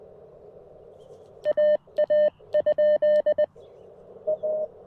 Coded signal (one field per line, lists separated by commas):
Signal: Morse code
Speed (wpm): 20 wpm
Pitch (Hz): 600 Hz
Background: none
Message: AA? A